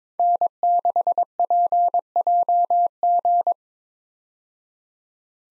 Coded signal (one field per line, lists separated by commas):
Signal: Morse code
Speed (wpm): 21 wpm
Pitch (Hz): 700 Hz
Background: none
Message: N6PJG